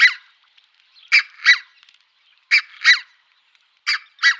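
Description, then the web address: Red-breasted goose calling in sharp, high paired yelps, each double note repeated about every one and a half seconds, with a faint chatter between. "Schulze Peter Red-breasted Goose"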